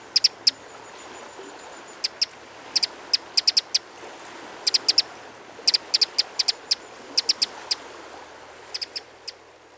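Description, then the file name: Eurasian wren calling with hard, high ticking notes in short bursts separated by pauses. "Troglodytes troglodytes"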